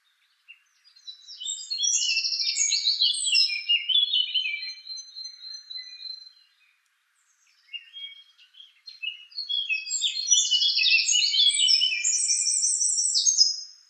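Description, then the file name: Song thrush singing two long bursts of rapid, varied high chirps and trills, separated by a short pause. "suara-kicauan-burung-song-thrush 7-omkicau"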